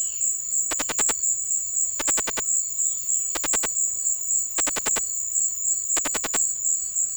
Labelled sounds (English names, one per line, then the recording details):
Violaceous Jay
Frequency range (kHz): Violaceous Jay 1.9-3.9 kHz
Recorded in dense forest near Puerto Asís, Putumayo, Colombia, on 21 February 2024 at 17:30
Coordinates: 0.505, -76.324
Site G6467